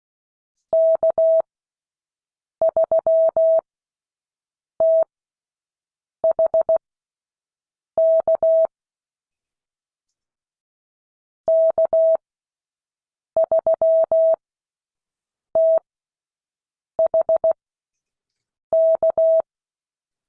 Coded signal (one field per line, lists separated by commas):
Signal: Morse code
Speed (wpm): 16 wpm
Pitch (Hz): 650 Hz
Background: none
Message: K3THK K3THK